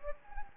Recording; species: mosquito wingbeat signal from an infrared sensor; Anopheles gambiae